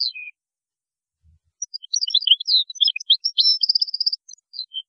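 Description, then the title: European goldfinch song: after a brief chirp and a pause, a long, rapid, bubbling string of high twittered and slurred notes, with a short buzzy trill near the end. "Chant Chardonneret"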